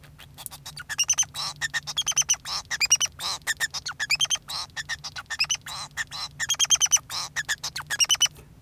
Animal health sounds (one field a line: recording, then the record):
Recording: song of a male Bengalese finch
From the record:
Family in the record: son of father 2